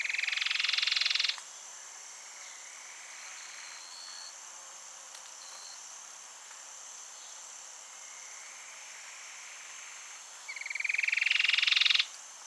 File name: Cherrie's antwren